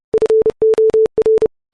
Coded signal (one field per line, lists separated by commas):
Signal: Morse code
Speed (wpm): 30 wpm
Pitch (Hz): 440 Hz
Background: none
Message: FOR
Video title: Morse Code Sine Wave At 30 WPM